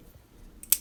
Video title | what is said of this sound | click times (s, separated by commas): HOW TO replace a bezel on a G-Shock G-2900 | Yeah, that was a very satisfying click. | 0.6 s, 0.7 s